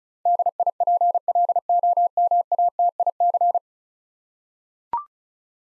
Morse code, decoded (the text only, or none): DIPLOMATIC